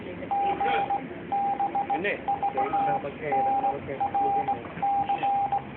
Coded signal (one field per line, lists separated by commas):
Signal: Morse code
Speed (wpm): 18 wpm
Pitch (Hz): 800 Hz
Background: speech, radio noise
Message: GBVNRC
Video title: 9M2NP sending Morse Code